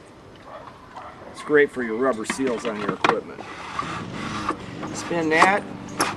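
A plastic lid is handled on a pool pump or filter housing after its rubber seal has been lubricated, while someone talks over faint background noise. Several short, sharp knocks sound as the lid is worked, but nothing has seated or locked in yet.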